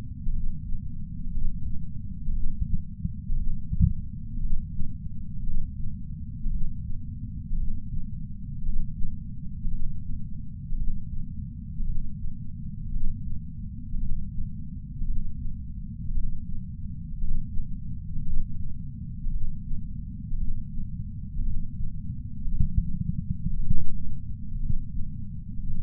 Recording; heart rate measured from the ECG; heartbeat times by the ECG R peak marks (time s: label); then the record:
heart sounds by patch sensor on the chest; 57 bpm
0.32 s: heartbeat
1.31 s: heartbeat
2.32 s: heartbeat
3.35 s: heartbeat
4.40 s: heartbeat
5.43 s: heartbeat
6.50 s: heartbeat
7.56 s: heartbeat
8.63 s: heartbeat
9.68 s: heartbeat
10.76 s: heartbeat
11.84 s: heartbeat
12.90 s: heartbeat
13.98 s: heartbeat
15.05 s: heartbeat
16.12 s: heartbeat
17.18 s: heartbeat
18.23 s: heartbeat
19.30 s: heartbeat
20.37 s: heartbeat
21.43 s: heartbeat
22.48 s: heartbeat
23.54 s: heartbeat
24.59 s: heartbeat
25.63 s: heartbeat
From the record:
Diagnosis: coronary artery disease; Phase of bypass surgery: preoperative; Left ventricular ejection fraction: 61.9%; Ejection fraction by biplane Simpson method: 50.3%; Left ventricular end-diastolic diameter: 48 mm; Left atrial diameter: 41 mm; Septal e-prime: 7.5 cm/s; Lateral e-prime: 8.4 cm/s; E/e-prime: 8.7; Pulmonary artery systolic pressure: 21 mmHg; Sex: male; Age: 71 years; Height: 162 cm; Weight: 75 kg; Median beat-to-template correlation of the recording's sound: 0.81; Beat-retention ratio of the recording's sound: 0.97